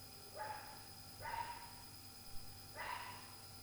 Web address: zone 51 2022 Night Noise Fridge DOG 2 x DOOR NOISE